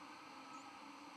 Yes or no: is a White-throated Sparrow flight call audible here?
no